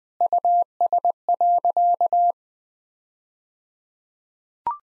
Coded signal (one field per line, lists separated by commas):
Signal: Morse code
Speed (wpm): 20 wpm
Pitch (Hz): 700 Hz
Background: none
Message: US.